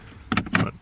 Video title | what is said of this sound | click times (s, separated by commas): How To Upgrade Ford Sync 2 MFT to Sync 3 w/ Navigation! | it just sits in place and kind of snaps in but it doesn't really lock like the last one did | 0.3 s, 0.6 s